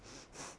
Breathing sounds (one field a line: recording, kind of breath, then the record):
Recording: one breath in and out by a microphone near the nose and mouth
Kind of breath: strong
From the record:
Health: marked as sick, illness not named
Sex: female